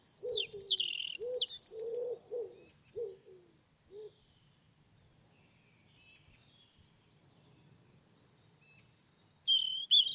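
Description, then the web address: European robin song: high, slurred, descending phrases at the start and close, mixed with a run of lower repeated notes from another bird. "cianscape birddata Deverinetal Bird Only Er Ru"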